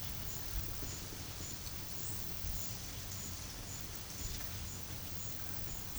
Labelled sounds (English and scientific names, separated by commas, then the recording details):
none
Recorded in pastures near Puerto Asís, Putumayo, Colombia, on 4 March 2025 at 12:30
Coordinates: 0.487, -76.322
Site G077